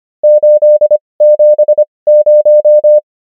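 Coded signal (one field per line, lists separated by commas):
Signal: Morse code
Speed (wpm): 25 wpm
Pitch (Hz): 600 Hz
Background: none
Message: 870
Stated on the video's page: Morse code practice of numbers with 25wpm character speed and 20wpm word speed, Farnsworth spacing.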